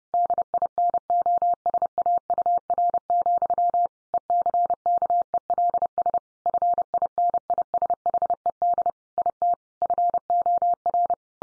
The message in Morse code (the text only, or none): DINOSAUR, ECKELS FINISHED IT FOR